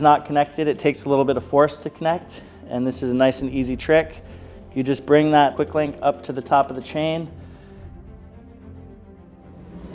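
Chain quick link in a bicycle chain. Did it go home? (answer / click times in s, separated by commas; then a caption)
no / none. A quick link joined into a bicycle chain but not yet locked is brought up to the top run of the chain, so it can be snapped home by tapping the crank forward. Someone talks over background music until about 7.2 seconds, and then only the quieter music continues. Nothing has seated or clicked yet.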